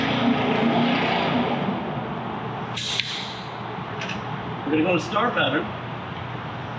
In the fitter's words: we're going to just tighten it until it clicks